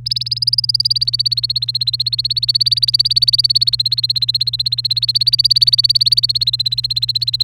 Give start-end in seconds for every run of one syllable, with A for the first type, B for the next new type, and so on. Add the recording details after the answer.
0.06-7.44 A. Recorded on 30 April 2018 at 05:54. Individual llb3